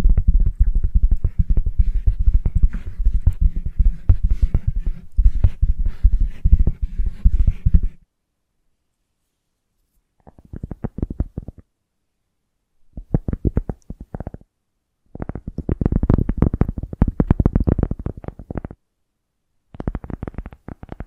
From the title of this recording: Invisible Tapping, Scratching, Tracing